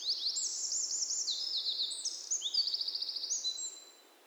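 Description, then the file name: Eurasian wren pouring out fast, shrill trills, ending in a dry rattling stretch before fading. "Troglodytes troglodytes"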